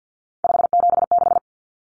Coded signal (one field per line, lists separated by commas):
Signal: Morse code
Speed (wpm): 50 wpm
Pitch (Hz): 700 Hz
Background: none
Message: 576